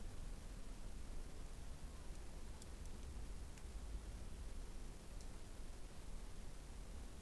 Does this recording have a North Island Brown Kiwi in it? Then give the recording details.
no. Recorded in New Zealand on 20 November 2013. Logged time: 21:14. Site CG25